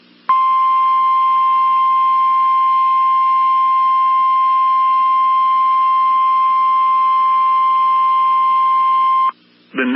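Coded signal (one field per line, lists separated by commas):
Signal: Emergency Alert System (SAME) tones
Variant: 1050 Hz attention tone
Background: speech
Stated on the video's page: NOAA Weather Radio activations: severe thunderstorm watches and warnings plus Required Weekly Tests.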